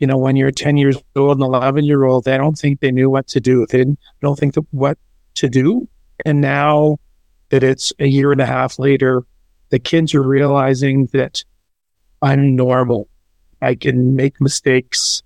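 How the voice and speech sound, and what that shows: An adult man speaks in short bursts with frequent pauses, a restarted phrase and slightly off word choices and grammar, though his voice itself is clear. This mild hesitancy and word-finding difficulty fits aphasia after a stroke about a year and a half earlier.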